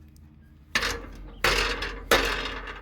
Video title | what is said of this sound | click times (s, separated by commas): 1978 F-250 electrics | there we go she popped right in | 2.1 s